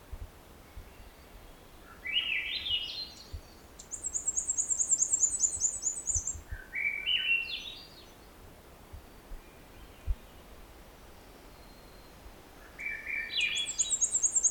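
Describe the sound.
Black-and-white Warbler singing twice, each a high, sibilant series of quick repeated double notes, mixed with separate rising, chattering phrases at lower pitch.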